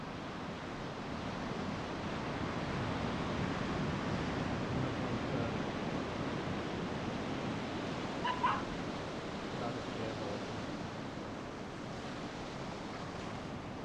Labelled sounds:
Arctic Fox (Vulpes lagopus)

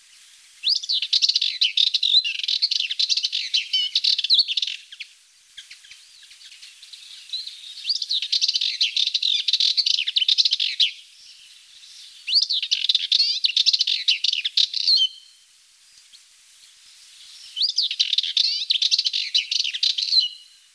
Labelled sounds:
Sardinian Warbler (Sylvia melanocephala) song

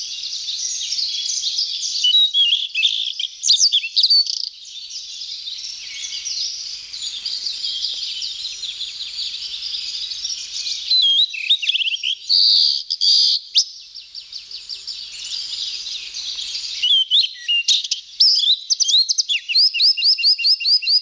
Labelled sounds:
Blue-and-white Flycatcher (Cyanoptila cyanomelana) song

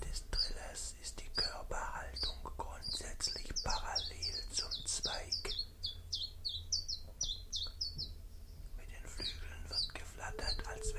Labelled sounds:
Common Chiffchaff (Phylloscopus collybita) song

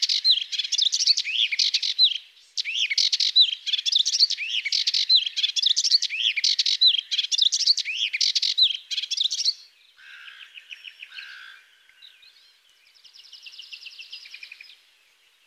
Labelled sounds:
Melodious Warbler (Hippolais polyglotta) song

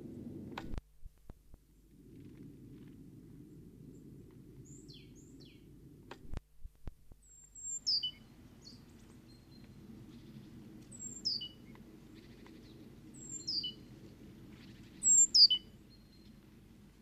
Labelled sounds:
Great Tit (Parus major) call

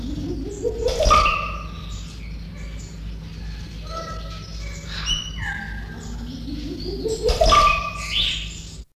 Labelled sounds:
Montezuma Oropendola (Psarocolius montezuma) call

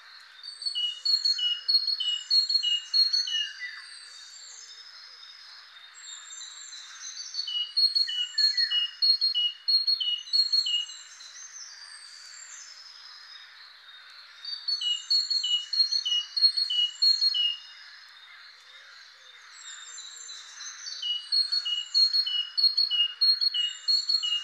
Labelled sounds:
Great Tit (Parus major) song

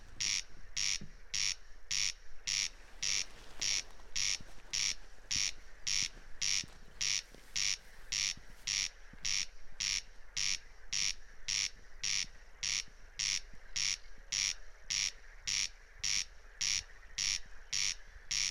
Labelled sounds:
Corn Crake (Crex crex) song

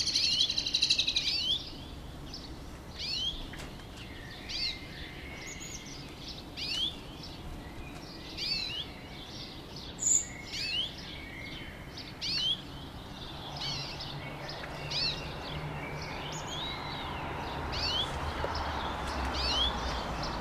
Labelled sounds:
European Greenfinch (Chloris chloris) call

